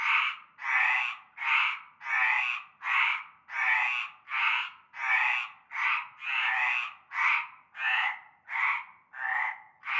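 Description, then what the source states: Frogs croaking in a chorus, a long series of harsh rasping croaks following each other closely, no other sounds. Frog chorus starting at nightfall in a large concrete basin with stagnant greenish water, Avenue Cante Coucou, Groupède, La Ciotat, Bouches-du-Rhône, Provence, France.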